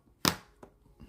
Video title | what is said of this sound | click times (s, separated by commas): LEGO Legend of Zelda- Part 2 | Nice satisfying click. | 0.3 s